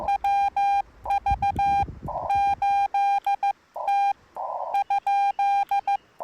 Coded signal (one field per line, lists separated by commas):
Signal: Morse code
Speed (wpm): 15 wpm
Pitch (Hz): 800 Hz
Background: none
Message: WV8T ?